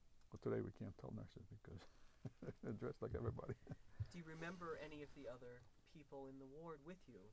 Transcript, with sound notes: But today we can't tell nurses because they're dressed like everybody. (he laughs)
Do you remember any of the other people in the ward with you?